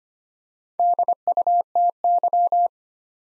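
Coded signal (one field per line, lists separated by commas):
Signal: Morse code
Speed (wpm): 25 wpm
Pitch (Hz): 700 Hz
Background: none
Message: DUTY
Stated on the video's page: Morse practice drill at 25 wpm, building 4-letter words two letters at a time for instant character recognition.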